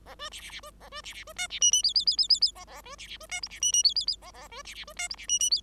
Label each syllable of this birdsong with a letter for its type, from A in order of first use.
A B C C C B A B C C B D C E E F F F F F F A A B C C B D G C E E F F F A A B C C B D G C E E F